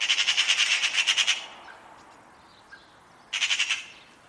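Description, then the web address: Bird making a rapid series of harsh, pulsed squawks, then a pause and a second shorter burst of the same grating notes. "cianscape birddata Deverinetal 2025. Bird Only"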